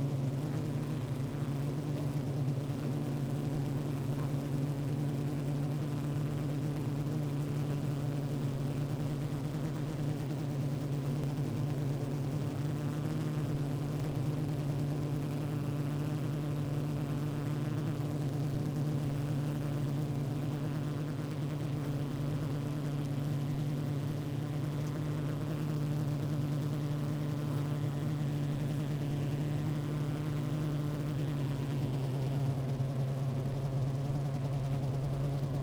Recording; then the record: honeybee colony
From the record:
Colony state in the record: active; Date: 28 July 2017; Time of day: 15:18